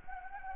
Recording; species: mosquito wingbeat signal from an infrared sensor; Anopheles gambiae